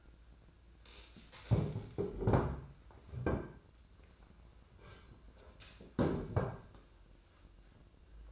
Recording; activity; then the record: daily activity, microphone in the room; stand up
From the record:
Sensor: 2